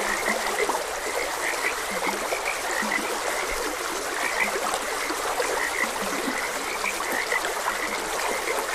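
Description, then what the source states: Frogs calling with many short, repeated croaks, mixed with the broad wash of running water. Frogs croaking beside a gentle stream.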